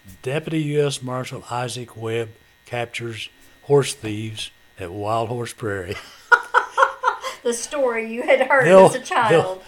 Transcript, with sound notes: Deputy US Marshal Isaac Webb captures horse thieves at Wild Horse Prairie.
(Laughter) The story you had heard as a child.